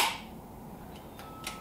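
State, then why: Partly seated. A metal carabiner is clipped onto a climbing line, and its gate gives a sharp click at 1.5 s after a softer rustle and a faint earlier tick. The gate does not fully close: a screw catches the locking mechanism, so it stays partly open and the carabiner is effectively a hook.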